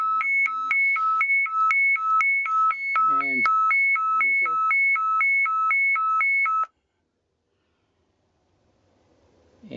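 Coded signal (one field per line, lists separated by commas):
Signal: alarm pattern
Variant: DSC distress alarm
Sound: rapid warbling alarm alternating between two tones, high and low, for about seven seconds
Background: brief speech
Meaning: A DSC distress call has been received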